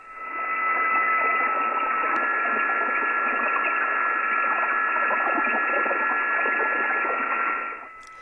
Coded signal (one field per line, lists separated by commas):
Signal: PSK31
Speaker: he replies with permission